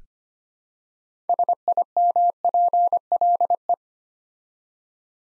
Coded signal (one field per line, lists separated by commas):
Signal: Morse code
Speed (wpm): 25 wpm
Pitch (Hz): 700 Hz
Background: none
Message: SIMPLE